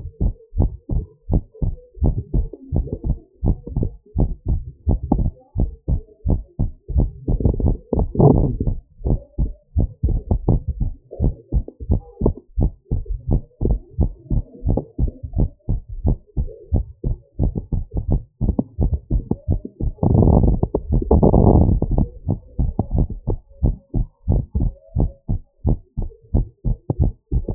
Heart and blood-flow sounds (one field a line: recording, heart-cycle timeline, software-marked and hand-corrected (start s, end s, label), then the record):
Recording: heart sounds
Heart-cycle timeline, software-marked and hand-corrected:
0.00	0.20	systole
0.20	0.32	S2
0.32	0.58	diastole
0.58	0.70	S1
0.70	0.92	systole
0.92	1.04	S2
1.04	1.30	diastole
1.30	1.42	S1
1.42	1.62	systole
1.62	1.74	S2
1.74	2.02	diastole
2.02	2.14	S1
2.14	2.34	systole
2.34	2.46	S2
2.46	2.74	diastole
2.74	2.86	S1
2.86	3.08	systole
3.08	3.18	S2
3.18	3.44	diastole
3.44	3.56	S1
3.56	3.78	systole
3.78	3.90	S2
3.90	4.18	diastole
4.18	4.30	S1
4.30	4.50	systole
4.50	4.62	S2
4.62	4.88	diastole
4.88	5.00	S1
5.00	5.18	systole
5.18	5.32	S2
5.32	5.58	diastole
5.58	5.70	S1
5.70	5.90	systole
5.90	6.00	S2
6.00	6.26	diastole
6.26	6.40	S1
6.40	6.60	systole
6.60	6.70	S2
6.70	6.94	diastole
6.94	7.08	S1
7.08	7.28	systole
7.28	7.38	S2
7.38	7.60	diastole
7.60	7.76	S1
7.76	7.94	systole
7.94	8.00	S2
8.00	8.20	diastole
8.20	8.38	S1
8.38	8.62	systole
8.62	8.76	S2
8.76	9.04	diastole
9.04	9.18	S1
9.18	9.38	systole
9.38	9.50	S2
9.50	9.76	diastole
9.76	9.88	S1
9.88	10.10	systole
10.10	10.20	S2
10.20	10.46	diastole
10.46	10.60	S1
10.60	10.80	systole
10.80	10.92	S2
10.92	11.20	diastole
11.20	11.34	S1
11.34	11.54	systole
11.54	11.64	S2
11.64	11.88	diastole
11.88	12.00	S1
12.00	12.22	systole
12.22	12.34	S2
12.34	12.58	diastole
12.58	12.70	S1
12.70	12.92	systole
12.92	13.02	S2
13.02	13.28	diastole
13.28	13.42	S1
13.42	13.66	systole
13.66	13.78	S2
13.78	14.00	diastole
14.00	14.12	S1
14.12	14.32	systole
14.32	14.42	S2
14.42	14.66	diastole
14.66	14.78	S1
14.78	15.00	systole
15.00	15.10	S2
15.10	15.36	diastole
15.36	15.48	S1
15.48	15.70	systole
15.70	15.80	S2
15.80	16.04	diastole
16.04	16.16	S1
16.16	16.38	systole
16.38	16.48	S2
16.48	16.72	diastole
16.72	16.84	S1
16.84	17.06	systole
17.06	17.16	S2
17.16	23.64	noise
23.64	23.76	S1
23.76	23.96	systole
23.96	24.06	S2
24.06	24.28	diastole
24.28	24.42	S1
24.42	24.60	systole
24.60	24.72	S2
24.72	24.98	diastole
24.98	25.10	S1
25.10	25.30	systole
25.30	25.40	S2
25.40	25.66	diastole
25.66	25.78	S1
25.78	26.02	systole
26.02	26.10	S2
26.10	26.34	diastole
26.34	26.46	S1
26.46	26.66	systole
26.66	26.76	S2
26.76	27.00	diastole
27.00	27.12	S1
27.12	27.34	systole
27.34	27.44	S2
27.44	27.55	diastole
From the record:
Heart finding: normal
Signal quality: good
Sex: female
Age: 48 years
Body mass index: 24.5